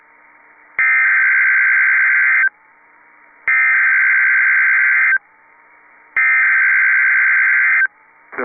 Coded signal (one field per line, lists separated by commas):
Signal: Emergency Alert System (SAME) tones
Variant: header bursts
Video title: [EAS #1866-#1869] Tests & Texas CAE